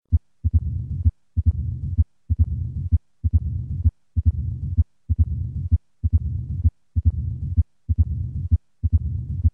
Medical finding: Mitral Stenosis.